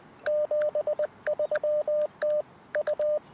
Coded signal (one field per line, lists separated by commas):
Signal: Morse code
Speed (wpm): 20 wpm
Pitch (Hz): 600 Hz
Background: radio noise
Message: 73 TU